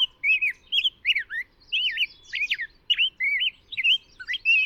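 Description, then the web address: Rose-breasted grosbeak singing short warbled whistles in quick bursts, each a looping up-and-down slur, separated by brief pauses. "Know Your Bird Sounds Common Western Species. Rose-breasted Grosbeak"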